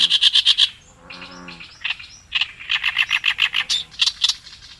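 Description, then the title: Oriental reed warbler song: harsh, grating repeated chattering notes in rapid runs, broken by a short pause, then another loud croaking series. On the Tone River riverbank, Japan. "朝の小鳥 利根川河川敷のオオヨシキリ"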